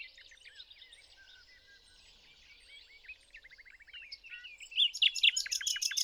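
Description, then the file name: Common nightingale song: soft varied warbling, ending in loud, rapidly repeated notes over the last second or so. "Luscinia megarhynchos"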